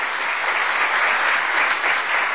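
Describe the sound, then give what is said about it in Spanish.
Steady applause from a group of people on the radio station Radio Casa de la Cultura Ecuatoriana, 940 AM, a dense, even patter of many hands clapping at constant loudness for a couple of seconds, with no voices over it. “usted se merece un aplauso.”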